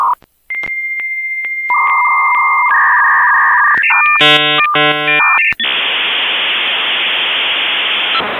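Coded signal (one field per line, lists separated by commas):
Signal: dial-up modem handshake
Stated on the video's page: Dial-up sound effect.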